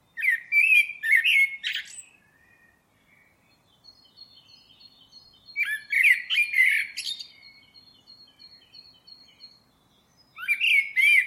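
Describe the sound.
Bird giving rapid bursts of chirpy, warbled call notes at the start, middle and end, separated by quieter gaps with a faint sustained high tone.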